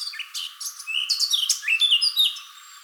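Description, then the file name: Eurasian blackcap delivering a dense, hurried jumble of chirps, clicks and short whistled slurs. "Sylvia atricapilla"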